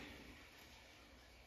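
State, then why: Not seated. A freshly crimped pin terminal is handled at a plastic connector housing, about to be pushed in until it locks. Only low, steady handling noise with one faint hit is heard. Nothing has seated or clicked yet.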